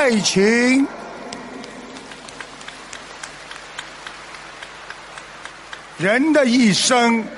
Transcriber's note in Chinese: 掌声